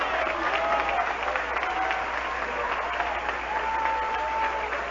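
An audience applauds steadily, a dense wash of many hands clapping at an even level throughout, with a few faint voices and brief tonal sounds rising through the noise.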